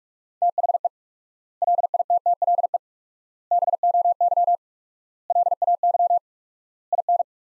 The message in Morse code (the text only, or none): THE LITTLE BOY LAY IN